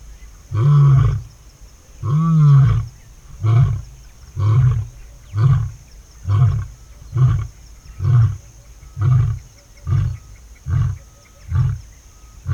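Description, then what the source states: Lion roars: two long, deep roars, then a series of shorter grunting roars in quick succession. Male lion advertising his territory at dawn, 6am, in the dry season at Kanderi swamp, Tsavo National Park.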